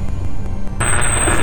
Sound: fx – static, and then

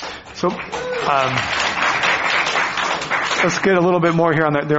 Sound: applause

